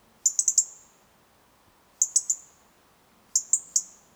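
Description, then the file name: European robin giving sharp, very high ticking calls in short bursts of four, then three, then three notes, with quiet pauses between bursts. "Erithacus rubecula"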